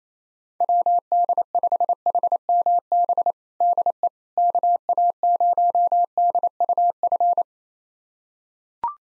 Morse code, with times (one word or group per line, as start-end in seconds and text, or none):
0.6-3.3 WD5HMB
3.6-4.1 DE
4.4-7.4 KA0DUF